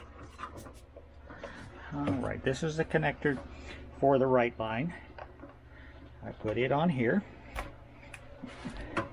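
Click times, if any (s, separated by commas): none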